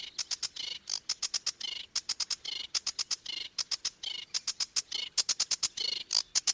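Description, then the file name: Sedge warbler song: a fast chattering mix of dry ticks and harsh buzzy phrases, with short pauses and varied rhythm throughout. "Phragmite des joncs"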